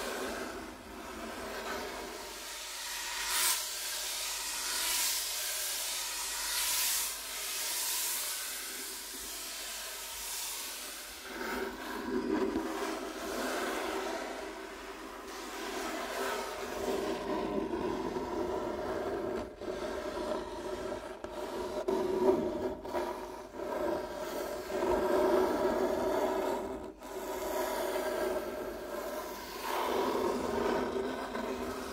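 Rubbing and scratching on a wooden table, a continuous rasping friction that keeps shifting in pattern. For the first eleven seconds the strokes are bright and airy with repeated sweeping pulses; after that the scraping turns lower and grainier, broken by occasional sharp clicks.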